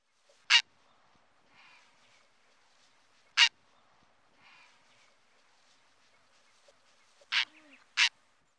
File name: garza imperial